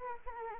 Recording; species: mosquito wingbeat signal from an infrared sensor; Anopheles arabiensis